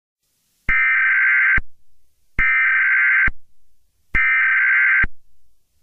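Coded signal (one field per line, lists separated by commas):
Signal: Emergency Alert System (SAME) tones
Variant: header bursts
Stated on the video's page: Simulated EAS scenario, not a real alert.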